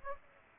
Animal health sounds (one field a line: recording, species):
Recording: mosquito wingbeat signal from an infrared sensor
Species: Aedes aegypti